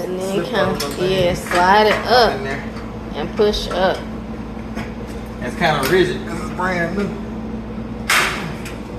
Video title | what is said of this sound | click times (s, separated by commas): The most important part of our home has arrived... - RENOVATING OUR 2008 SINGLE WIDE MOBILE HOME | yeah he clicks right in | 8.1 s